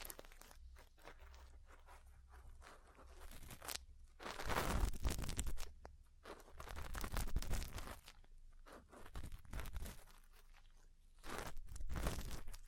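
Ear cleaning and massage sounds: dense, crunchy scratching and rubbing that swells in bursts around 4–8 seconds and again near 11–12 seconds. Between them come quieter stretches of soft crackling, with a low steady hum running underneath throughout.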